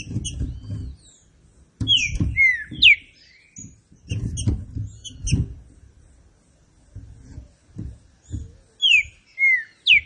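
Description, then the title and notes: Green-winged saltator song: strong descending whistled slurs in short bursts, interspersed with high ticking notes and low knocking sounds. Classic song style (canto clássico) of the trinca-ferro, presented as a song for training. "Canto Clássico Trinca Ferro TREINAMENTO. trinca fero"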